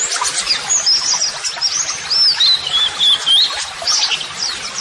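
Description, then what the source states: White-eye song featuring a wavering, high whistled phrase that rises and falls, surrounded by soft rapid chirping. White-eye (pleci) singing vigorously ('gacor'); song used as a model (masteran) for training other birds.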